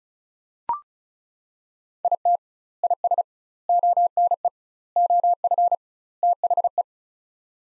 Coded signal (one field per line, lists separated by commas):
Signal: Morse code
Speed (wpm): 36 wpm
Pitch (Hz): 700 Hz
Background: none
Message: IT IS ONE OF THE